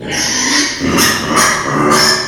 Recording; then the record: squeal of a Yucatan mini pig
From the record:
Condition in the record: before surgery on the right vocal fold (resection and tissue-engineered implant); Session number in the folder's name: 2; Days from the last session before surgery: 0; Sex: male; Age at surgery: 12 weeks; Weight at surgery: 13 kg